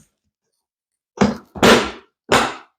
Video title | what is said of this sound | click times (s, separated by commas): Is the Pelican Air 1745 the Best Bow Case Money Can Buy? | all of a sudden everything latches | 1.2 s, 1.6 s